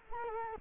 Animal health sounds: mosquito wingbeat signal from an infrared sensor; Culex quinquefasciatus

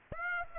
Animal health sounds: mosquito wingbeat signal from an infrared sensor; Aedes aegypti

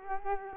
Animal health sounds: mosquito wingbeat signal from an infrared sensor; Culex quinquefasciatus

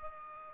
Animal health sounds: mosquito wingbeat signal from an infrared sensor; Aedes albopictus

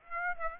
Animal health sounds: mosquito wingbeat signal from an infrared sensor; Aedes aegypti

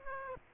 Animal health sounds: mosquito wingbeat signal from an infrared sensor; Aedes aegypti

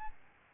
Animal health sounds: mosquito wingbeat signal from an infrared sensor; Aedes albopictus

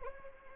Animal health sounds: mosquito wingbeat signal from an infrared sensor; Anopheles arabiensis

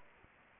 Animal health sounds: mosquito wingbeat signal from an infrared sensor; Anopheles arabiensis

